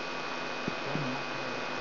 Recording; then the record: brain microelectrode recording played as sound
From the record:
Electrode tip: outside the subthalamic nucleus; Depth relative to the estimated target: 3 mm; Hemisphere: right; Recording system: AlphaMap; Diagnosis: Parkinson's disease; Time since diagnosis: 9 years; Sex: male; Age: 68 years